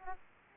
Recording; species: mosquito wingbeat signal from an infrared sensor; Aedes aegypti